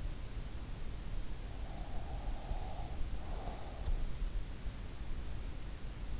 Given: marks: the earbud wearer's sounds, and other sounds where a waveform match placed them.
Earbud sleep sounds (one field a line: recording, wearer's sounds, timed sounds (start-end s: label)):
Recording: sounds in sleep by an in-ear microphone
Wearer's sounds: breath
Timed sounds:
1.22-4.34 s: breath